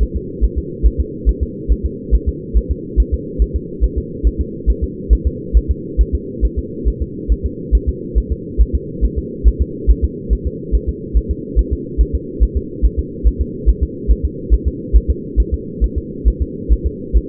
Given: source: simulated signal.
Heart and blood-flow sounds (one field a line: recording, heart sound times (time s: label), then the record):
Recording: fetal heart sounds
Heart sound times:
0.03 s: S1
0.17 s: S2
0.44 s: S1
0.58 s: S2
0.86 s: S1
1.00 s: S2
1.29 s: S1
1.43 s: S2
1.72 s: S1
1.86 s: S2
2.15 s: S1
2.29 s: S2
2.57 s: S1
2.71 s: S2
3.00 s: S1
3.14 s: S2
3.42 s: S1
3.56 s: S2
3.84 s: S1
3.98 s: S2
4.27 s: S1
4.41 s: S2
4.70 s: S1
4.84 s: S2
5.13 s: S1
5.27 s: S2
5.57 s: S1
5.71 s: S2
6.01 s: S1
6.15 s: S2
6.45 s: S1
6.59 s: S2
6.88 s: S1
7.02 s: S2
7.32 s: S1
7.46 s: S2
7.75 s: S1
7.89 s: S2
8.18 s: S1
8.32 s: S2
8.61 s: S1
8.75 s: S2
9.05 s: S1
9.19 s: S2
9.48 s: S1
9.62 s: S2
9.90 s: S1
10.04 s: S2
10.33 s: S1
10.47 s: S2
10.75 s: S1
10.89 s: S2
11.17 s: S1
11.31 s: S2
11.59 s: S1
11.73 s: S2
12.01 s: S1
12.15 s: S2
12.43 s: S1
12.57 s: S2
12.85 s: S1
12.99 s: S2
13.27 s: S1
13.41 s: S2
13.69 s: S1
13.83 s: S2
14.11 s: S1
14.25 s: S2
14.54 s: S1
14.68 s: S2
14.96 s: S1
15.10 s: S2
15.40 s: S1
15.54 s: S2
15.84 s: S1
15.98 s: S2
16.28 s: S1
16.42 s: S2
16.73 s: S1
16.87 s: S2
17.17 s: S1
From the record:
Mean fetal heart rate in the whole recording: 140 bpm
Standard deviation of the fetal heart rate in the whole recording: 2 bpm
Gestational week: 34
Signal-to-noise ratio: -4.1 dB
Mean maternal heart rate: no maternal heart sound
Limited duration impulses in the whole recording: absent